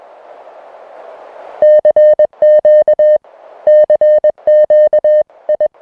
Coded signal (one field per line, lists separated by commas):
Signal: Morse code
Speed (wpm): 21 wpm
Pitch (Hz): 610 Hz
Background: none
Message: CQ CQ I